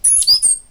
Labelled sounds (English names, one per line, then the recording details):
Stitchbird song
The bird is a male
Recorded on Tiritiri Matangi Island, New Zealand, in 2005
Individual 7, of nest box 9